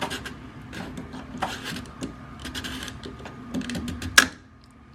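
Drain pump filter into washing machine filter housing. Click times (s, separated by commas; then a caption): 3.6 s, 3.7 s, 3.9 s, 4.0 s, 4.2 s. A cleaned plastic drain pump filter is screwed clockwise back into the filter housing of a front-loading Samsung washer. Soft rubbing and scraping lead into clicks at 3.6, 3.7, 3.9, 4.0 and a loud, sharp click at 4.2 seconds. The clicking shows the filter is seated all the way, and it should not be twisted further or the threads could be damaged.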